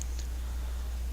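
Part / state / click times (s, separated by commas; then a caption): dash camera on its windshield GPS mount / released / 0.0 s. A VIOFO A119S dash camera is slid off its powered GPS mount on the windshield; the mount powers the camera, so it can be moved between cars without unplugging cables. A sharp, short tick at 0.0 s marks the camera releasing from the mount, followed by a softer tick at 0.2 s over a steady low hum. The camera comes free of the mount.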